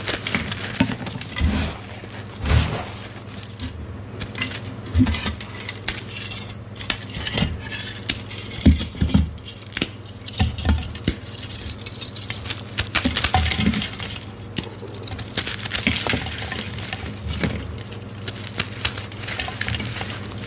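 Gritty chalk crumbles and crunches in dense bursts of scraping and crackling, with sharper snaps around 2.5, 5 and 9 seconds over a steady low hum.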